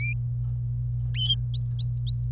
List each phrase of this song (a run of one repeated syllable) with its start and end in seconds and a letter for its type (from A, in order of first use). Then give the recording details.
0.00-0.13 A, 1.54-2.32 B. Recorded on 26 April 2018 at 12:42. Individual llb3